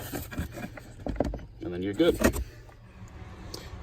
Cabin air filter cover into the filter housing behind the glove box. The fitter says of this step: so now you get this clicked back in like it is now